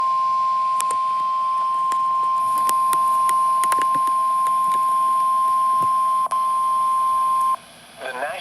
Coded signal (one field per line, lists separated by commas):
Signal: Emergency Alert System (SAME) tones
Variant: 1050 Hz attention tone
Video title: Severe Thunderstorm Warning #15 (EAS #24) (6/11/2023)